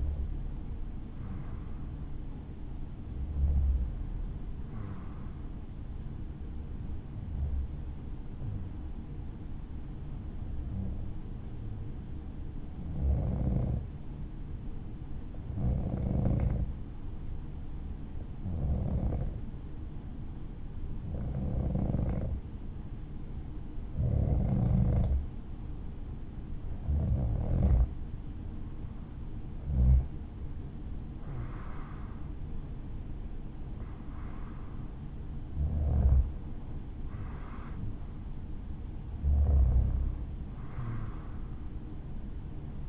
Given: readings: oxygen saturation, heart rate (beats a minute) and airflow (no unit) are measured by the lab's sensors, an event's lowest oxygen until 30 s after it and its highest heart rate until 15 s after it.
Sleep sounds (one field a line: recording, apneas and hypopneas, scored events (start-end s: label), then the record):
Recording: breathing in sleep by a smartphone at the bedside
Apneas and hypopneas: none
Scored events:
24.00-42.89 s: new sleep stage, N1 (lightest sleep)
From the record:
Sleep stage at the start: REM sleep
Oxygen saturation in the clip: 94 to 96%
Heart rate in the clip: 58 to 63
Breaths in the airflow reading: 14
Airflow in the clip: -4.9 to 6.5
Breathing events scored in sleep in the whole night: 216 in 7.0 hours asleep